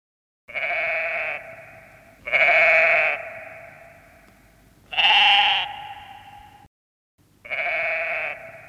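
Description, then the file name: Sheep bleating: four loud, nasal bleats, each trailing off into a fading tail, with nothing else heard. "Animal Sheep"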